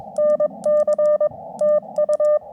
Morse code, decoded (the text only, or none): NC TU